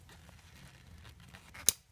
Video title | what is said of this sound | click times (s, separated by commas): DIY Test Fuel Pressure on cars without Schrader valves: '06 Toyota Matrix Corolla & '13 Sienna shown | snap okay it's there and then the other side of the | 1.7 s